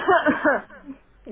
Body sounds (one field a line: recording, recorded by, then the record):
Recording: voluntary cough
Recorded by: telephone call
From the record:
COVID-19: negative